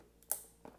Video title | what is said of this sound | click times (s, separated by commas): Pentium G3258 mini ITX Build | all you have to do is put pressure down and it will click into place | 0.3 s